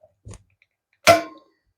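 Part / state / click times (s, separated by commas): torque wrench tightening a torx bolt on a bicycle brake / torque reached / 1.1 s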